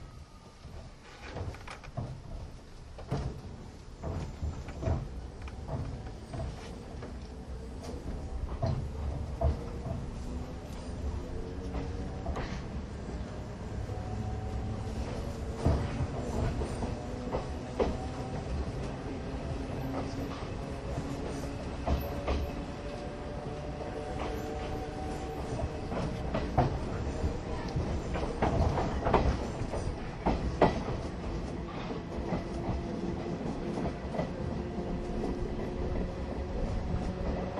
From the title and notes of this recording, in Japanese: 大鐵E10形+旧型客車 大井川本線普通。大井川鉄道オリジナルの機関車がE10形で、その機関車次位の客車はモーター音がよく聞こえます。往年の普通＂客車列車＂の列車走行音。